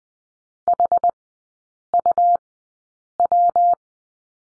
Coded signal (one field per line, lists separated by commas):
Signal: Morse code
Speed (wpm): 20 wpm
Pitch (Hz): 700 Hz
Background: none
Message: HUW